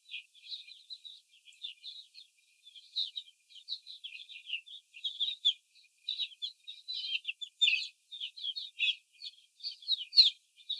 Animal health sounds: young laying hens in a cage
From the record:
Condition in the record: before the stressor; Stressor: simulated dog barking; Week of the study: 4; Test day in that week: 3

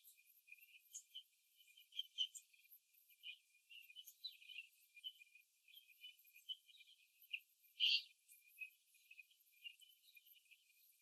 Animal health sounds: young laying hens in a cage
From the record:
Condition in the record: before the stressor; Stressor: simulated dog barking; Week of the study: 2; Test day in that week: 3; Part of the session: 2

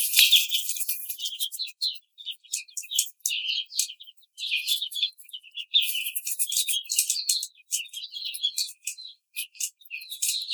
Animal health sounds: young laying hens in a cage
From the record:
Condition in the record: treatment cage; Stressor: simulated dog barking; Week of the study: 5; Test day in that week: 1

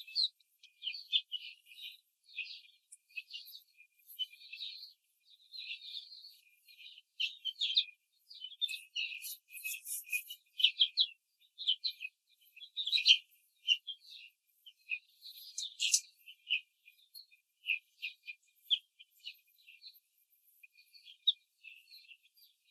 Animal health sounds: young laying hens in a cage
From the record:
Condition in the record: control cage, before the stress test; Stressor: none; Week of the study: 4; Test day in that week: 1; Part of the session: 3

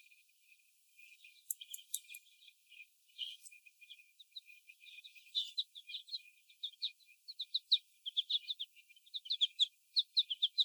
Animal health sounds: young laying hens in a cage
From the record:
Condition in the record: before the stressor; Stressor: sudden umbrella opening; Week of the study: 1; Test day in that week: 1

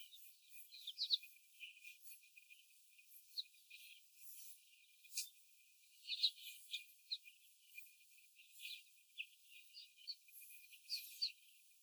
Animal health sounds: young laying hens in a cage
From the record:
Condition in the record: before the stressor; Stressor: simulated dog barking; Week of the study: 4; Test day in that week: 1

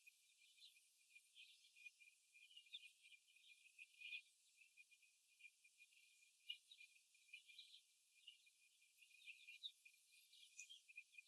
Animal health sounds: young laying hens in a cage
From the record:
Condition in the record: after the stressor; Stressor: simulated dog barking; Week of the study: 1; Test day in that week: 2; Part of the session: 2

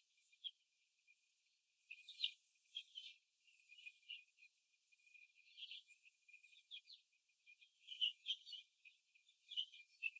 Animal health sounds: young laying hens in a cage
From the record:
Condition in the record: after the stressor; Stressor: simulated dog barking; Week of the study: 2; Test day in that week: 2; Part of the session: 3

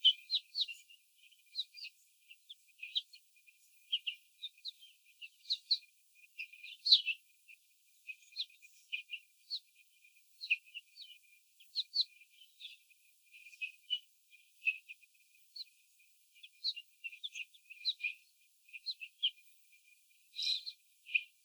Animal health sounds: young laying hens in a cage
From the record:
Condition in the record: before the stressor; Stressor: sudden umbrella opening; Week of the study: 3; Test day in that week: 2

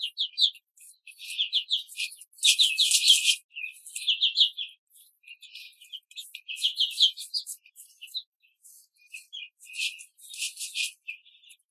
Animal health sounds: young laying hens in a cage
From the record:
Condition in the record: control cage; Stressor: none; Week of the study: 5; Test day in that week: 1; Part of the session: 3

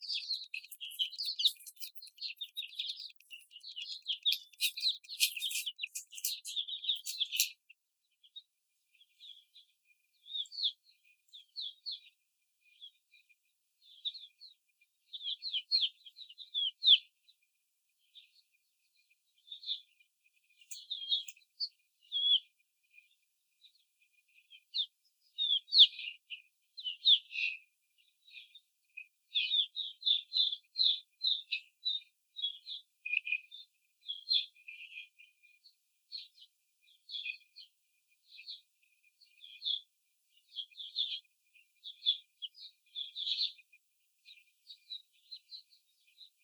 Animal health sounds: young laying hens in a cage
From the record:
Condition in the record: after the stressor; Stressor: simulated dog barking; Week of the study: 4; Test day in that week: 2

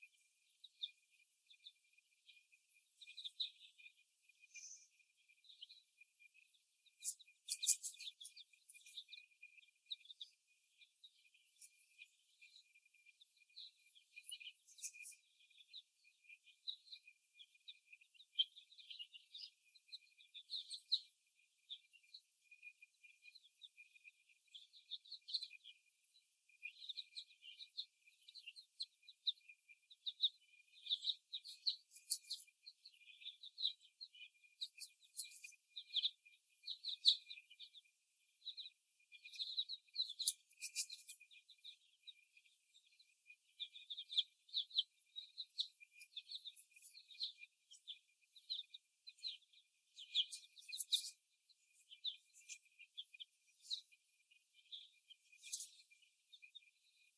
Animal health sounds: young laying hens in a cage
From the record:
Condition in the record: before the stressor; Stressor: simulated dog barking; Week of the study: 1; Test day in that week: 1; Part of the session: 2

